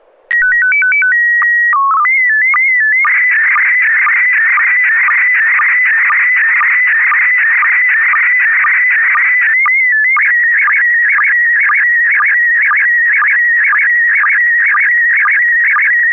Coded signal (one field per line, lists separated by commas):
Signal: SSTV (slow-scan television)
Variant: PD 120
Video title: N6NA SSTV Net - 09/07/2022